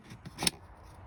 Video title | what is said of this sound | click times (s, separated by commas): VW Golf MK5 headlamp switch replacement | okay that was a solid click she's in now | 0.5 s